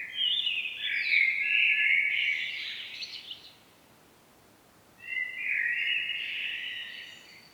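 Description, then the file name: Common blackbird song: a full, rich warbled phrase with high chattering edges, a short silence, then a second rolling fluted phrase. "Turdus merula"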